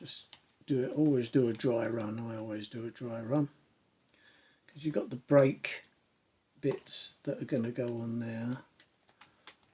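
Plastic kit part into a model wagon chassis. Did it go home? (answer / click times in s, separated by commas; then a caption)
yes / 9.5 s. During a dry run on an Airfix brake van model, done because the brake parts still have to go on, a plastic chassis part is pushed onto the model wagon chassis while someone talks. After the talking stops, a few small plastic clicks and taps come near the end, and the part clicks into place at about 9.5 s.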